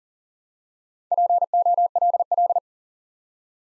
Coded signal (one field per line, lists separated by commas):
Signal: Morse code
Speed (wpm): 42 wpm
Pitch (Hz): 700 Hz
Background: none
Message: POLL